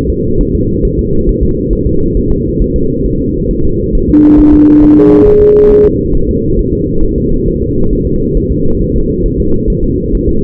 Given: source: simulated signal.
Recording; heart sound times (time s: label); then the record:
fetal heart sounds
0.10 s: S2
0.41 s: S1
0.55 s: S2
0.85 s: S1
0.99 s: S2
1.29 s: S1
1.43 s: S2
1.73 s: S1
1.87 s: S2
2.17 s: S1
2.32 s: S2
2.62 s: S1
2.76 s: S2
3.06 s: S1
3.21 s: S2
3.51 s: S1
3.65 s: S2
3.95 s: S1
4.09 s: S2
4.39 s: S1
4.54 s: S2
4.83 s: S1
4.98 s: S2
5.27 s: S1
5.41 s: S2
5.71 s: S1
5.85 s: S2
6.15 s: S1
6.29 s: S2
6.59 s: S1
6.73 s: S2
7.04 s: S1
7.18 s: S2
7.48 s: S1
7.62 s: S2
7.93 s: S1
8.07 s: S2
8.37 s: S1
8.52 s: S2
8.82 s: S1
8.96 s: S2
9.26 s: S1
9.40 s: S2
9.70 s: S1
9.84 s: S2
10.15 s: S1
10.29 s: S2
From the record:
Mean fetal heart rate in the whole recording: 135 bpm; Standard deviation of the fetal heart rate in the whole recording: 3 bpm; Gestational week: 36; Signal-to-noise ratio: -16.4 dB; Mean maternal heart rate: 72 bpm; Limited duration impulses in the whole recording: present